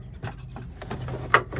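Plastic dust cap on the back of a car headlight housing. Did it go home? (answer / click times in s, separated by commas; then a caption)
released / 1.3 s. The plastic rear dust cap on the back of a 2010-2017 Chevy Equinox headlight housing is turned counterclockwise, with soft rubbing and faint ticking plastic sounds. A sharp, loud click at 1.3 seconds marks the cap twisting free so it can be pulled out.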